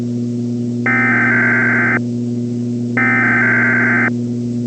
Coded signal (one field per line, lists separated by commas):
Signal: Emergency Alert System (SAME) tones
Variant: header bursts